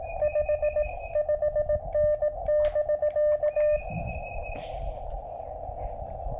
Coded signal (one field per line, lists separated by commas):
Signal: Morse code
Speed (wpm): 17 wpm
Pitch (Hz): 600 Hz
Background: none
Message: 55N <BK>